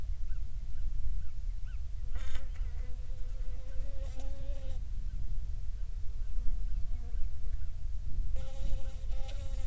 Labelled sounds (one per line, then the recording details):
bird
wind
insects
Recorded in the Prudhoe Bay oil fields, Alaska, on 7 July 2019 at 00:00
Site 16